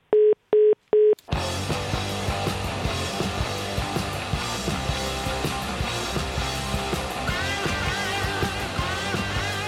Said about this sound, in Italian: Niente, anche a me ha attaccato il telefono.